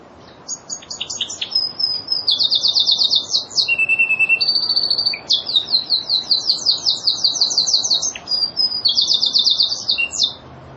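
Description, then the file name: Lizard canary delivering a long song of shrill trills, buzzy rolls and quick descending whistles, phrases changing every second or two throughout. Lizard breed domestic canary, used to train songbirds. "kenarilizard omkicau"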